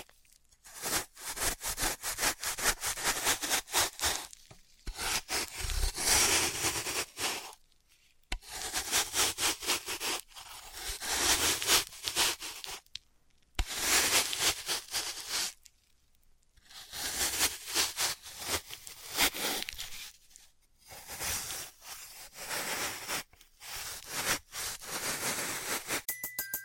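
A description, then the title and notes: Floral foam crunches, scrapes and crumbles in dense bursts of bright crackle a few seconds long, separated by short silent gaps. Dry vs Wet Floral Foam Tapping, Cutting and Crushing.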